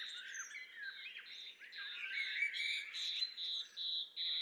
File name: Luscinia megarhynchos